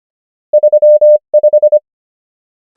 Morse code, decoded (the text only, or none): 35